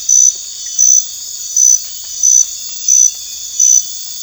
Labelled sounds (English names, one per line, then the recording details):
none
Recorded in dense forest near Puerto Asís, Putumayo, Colombia, on 8 March 2025 at 00:30
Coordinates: 0.484, -76.317
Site G064